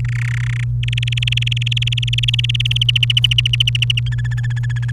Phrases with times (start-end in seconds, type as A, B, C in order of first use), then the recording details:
0.00-0.01 A, 0.04-0.64 B, 0.83-2.83 C, 2.88-4.00 D, 4.06-4.91 E. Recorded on 30 April 2018 at 09:25. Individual llb3